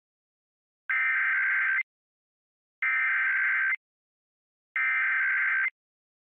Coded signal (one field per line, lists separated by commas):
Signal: Emergency Alert System (SAME) tones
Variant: header bursts